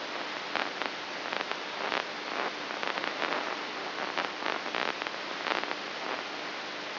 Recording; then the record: brain microelectrode recording played as sound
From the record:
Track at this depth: outside the subthalamic nucleus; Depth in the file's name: 3.044 mm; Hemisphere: left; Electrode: 3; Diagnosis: Parkinson's disease